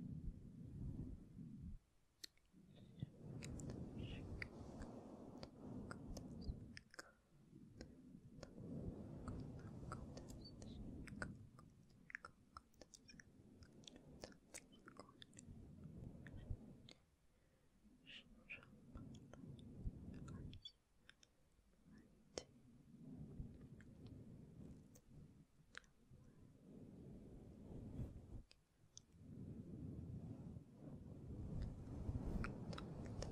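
Soft, inaudible whispering with gentle mic touching: low rumbling rubs and scattered clicks, broken by brief pauses around 2, 7, 17, 21 and 28 seconds.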